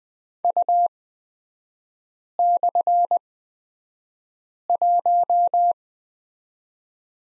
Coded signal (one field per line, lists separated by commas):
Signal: Morse code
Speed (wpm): 20 wpm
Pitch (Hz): 700 Hz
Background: none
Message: U/1